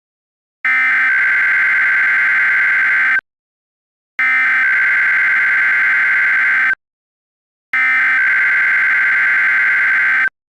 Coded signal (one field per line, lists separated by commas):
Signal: Emergency Alert System (SAME) tones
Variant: header bursts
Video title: (Angry EAS with valid tones) A totally normal required weekly test